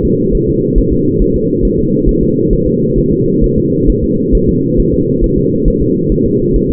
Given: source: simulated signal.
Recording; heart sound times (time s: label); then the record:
fetal heart sounds
0.05 s: S2
0.35 s: S1
0.49 s: S2
0.78 s: S1
0.93 s: S2
1.22 s: S1
1.36 s: S2
1.65 s: S1
1.79 s: S2
2.09 s: S1
2.23 s: S2
2.53 s: S1
2.67 s: S2
2.98 s: S1
3.12 s: S2
3.44 s: S1
3.58 s: S2
3.90 s: S1
4.04 s: S2
4.35 s: S1
4.49 s: S2
4.80 s: S1
4.94 s: S2
5.24 s: S1
5.38 s: S2
5.68 s: S1
5.82 s: S2
6.12 s: S1
6.26 s: S2
6.56 s: S1
6.70 s: S2
From the record:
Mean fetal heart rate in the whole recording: 135 bpm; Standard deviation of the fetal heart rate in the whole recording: 3 bpm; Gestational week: 36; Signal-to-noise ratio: -11.2 dB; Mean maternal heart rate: 72 bpm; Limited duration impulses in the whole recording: present